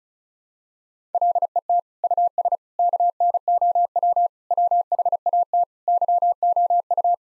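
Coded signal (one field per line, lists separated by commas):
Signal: Morse code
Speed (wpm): 34 wpm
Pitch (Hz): 700 Hz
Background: none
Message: LET US KNOW WHAT YOU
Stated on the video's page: Head-copy practice: six-word common English phrases sent in Morse at 35 wpm, each sent, then spoken, then sent again.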